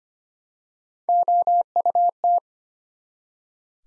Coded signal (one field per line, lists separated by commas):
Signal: Morse code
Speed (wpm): 25 wpm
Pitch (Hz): 700 Hz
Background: none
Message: OUT